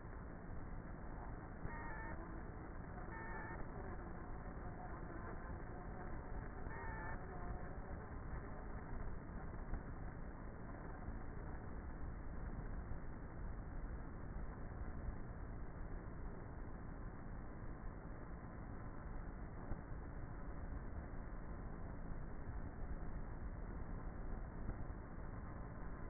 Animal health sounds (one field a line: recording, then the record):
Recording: honeybee colony, microphone inside the hive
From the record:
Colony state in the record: queenless with a low population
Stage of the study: before two queens were removed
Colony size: about 30,000 bees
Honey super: no